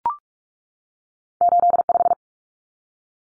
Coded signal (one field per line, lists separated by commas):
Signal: Morse code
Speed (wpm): 44 wpm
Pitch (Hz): 700 Hz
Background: none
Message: 85